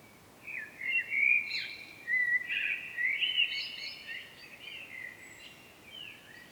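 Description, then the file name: Common blackbird in near-continuous mellow warbling, fluty notes mixed with rising and falling squeaky twitters for most. "Turdus merula"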